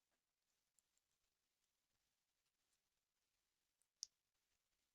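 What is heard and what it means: A needle pick slipped into an indentation on a plastic engine-harness ECU connector pries up its terminal-lock tab, with faint scraping and small ticks before one sharp click at 4.0 s. The tab rises one click to the open position, releasing it so the pins can be removed.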